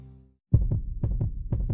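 Rapid, regular paired lub-dub heartbeats of an adult heart with a low throbbing hum underneath.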